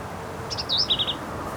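Black-capped vireo sings a single quick phrase: a few short high notes, a slurred note, then a short, rattly series.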